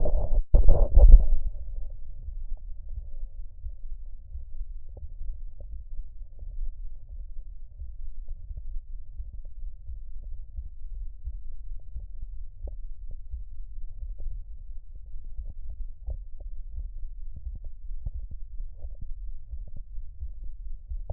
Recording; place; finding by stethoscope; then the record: heart sounds by stethoscope; tricuspid valve (TV); tricuspid regurgitation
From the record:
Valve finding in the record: tricuspid regurgitation, grade 3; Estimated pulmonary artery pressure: 40 mmHg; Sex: male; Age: 69 years